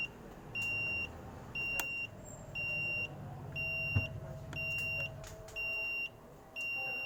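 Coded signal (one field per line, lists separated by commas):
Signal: alarm pattern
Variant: vehicle reversing alarm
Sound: steady high beeps, half a second on, half off, seven in a row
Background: vehicle engine rumble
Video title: Beep sound like as vehicle reverse sound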